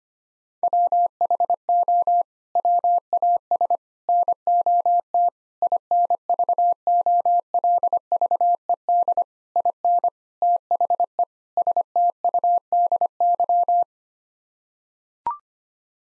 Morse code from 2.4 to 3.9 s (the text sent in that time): WAS